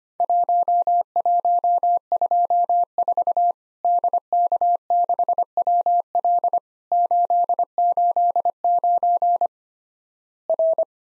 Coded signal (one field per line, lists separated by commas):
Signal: Morse code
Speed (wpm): 25 wpm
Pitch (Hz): 700 Hz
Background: none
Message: 1124 DK6WL 889 R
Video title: Worked All Europe DX Contest QTC Exchange 25wpm